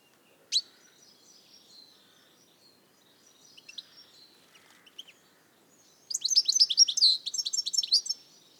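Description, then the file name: European goldfinch: one sharp high note at first, scattered soft chirps, then a fast, tinkling chatter of repeated notes lasting over two seconds. "Carduelis carduelis"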